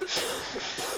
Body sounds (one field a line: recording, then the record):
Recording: coughing mixed with background sound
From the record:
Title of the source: 30 Chesty and wet cough